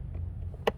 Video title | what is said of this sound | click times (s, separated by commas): HOOVER POWER SCRUB ELITE CARPET CLEANER PART 2 | and make sure you hear that pop it's good to go | 0.7 s